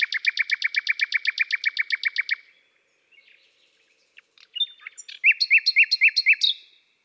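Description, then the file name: Common nightingale song opening with a fast even series of repeated chirps, then soft notes and a loud run of upslurred whistles. "Rossignol philomele Chants doiseaux des bois et des forets"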